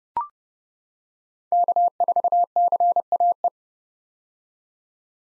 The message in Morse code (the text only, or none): K4CAE